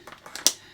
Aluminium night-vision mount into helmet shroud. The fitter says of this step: it's very nice fit. Satisfying click there.